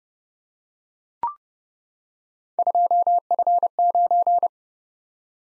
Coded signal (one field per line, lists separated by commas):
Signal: Morse code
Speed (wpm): 28 wpm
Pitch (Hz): 700 Hz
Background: none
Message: 2F9